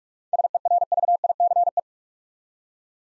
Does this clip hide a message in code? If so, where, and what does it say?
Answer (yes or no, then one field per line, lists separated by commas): yes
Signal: Morse code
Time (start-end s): 0.3-1.8 s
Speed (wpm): 44 wpm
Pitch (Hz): 700 Hz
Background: none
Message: SERVICE